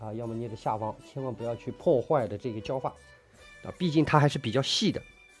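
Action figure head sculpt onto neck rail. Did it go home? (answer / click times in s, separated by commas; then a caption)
no / none. A person handles the head sculpt of a Hot Toys 1/6 Vi figure (League of Legends: Arcane, TMS138), lining it up with the two tight sliding rails on the neck while someone talks over background music. The head has not yet seated or clicked onto the neck rail.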